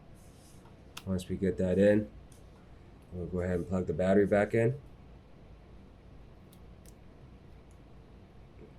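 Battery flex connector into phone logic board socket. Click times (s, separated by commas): 6.5 s, 6.9 s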